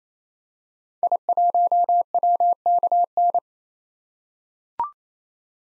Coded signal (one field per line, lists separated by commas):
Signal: Morse code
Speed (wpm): 28 wpm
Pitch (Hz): 700 Hz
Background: none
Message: I1WKN